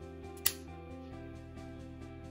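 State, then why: Seated. The blue end of a plastic lancing device is pulled back until its spring-loaded needle carrier latches in the cocked position. A single sharp click is heard at 0.5 s over steady background music. The device is cocked and the needle is loaded.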